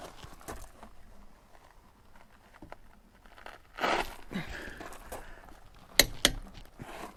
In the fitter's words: All right. Did you hear that? Two clicks.